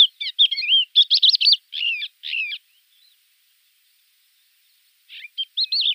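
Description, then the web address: Crested lark singing a fast burst of warbled, slurred and buzzy notes, then a long silence before a few more short phrases at the end. "Schulze Peter Crested Lark song"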